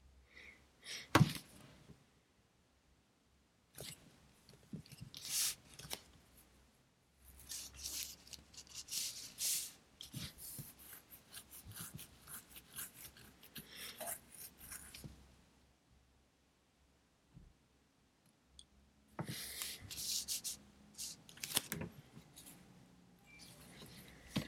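Studying with a pencil and a computer: scratchy pencil strokes and rubbing come in dense bursts, from about 4 to 15 seconds and again near 19 to 24 seconds. Sharp clicks stand out, the loudest near one second, with quiet pauses between bursts and a faint low hum underneath.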